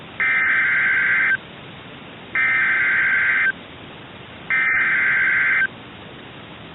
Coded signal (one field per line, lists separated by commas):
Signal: Emergency Alert System (SAME) tones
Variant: header bursts